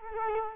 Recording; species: mosquito wingbeat signal from an infrared sensor; Culex quinquefasciatus